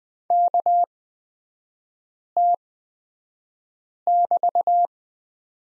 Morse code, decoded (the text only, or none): KT<BT>